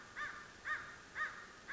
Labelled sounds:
American Crow (Corvus brachyrhynchos)

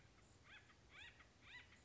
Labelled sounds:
Acorn Woodpecker (Melanerpes formicivorus)

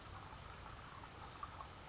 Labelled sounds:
California Towhee (Melozone crissalis)

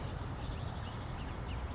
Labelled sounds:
Western Flycatcher (Empidonax difficilis)

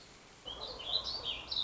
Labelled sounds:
Warbling Vireo (Vireo gilvus)

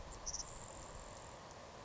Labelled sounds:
Grasshopper Sparrow (Ammodramus savannarum)

